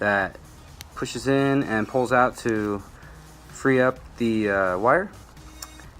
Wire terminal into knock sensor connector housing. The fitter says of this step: you just pull it out from there and put the new one on hear it click push that back in and you're good okay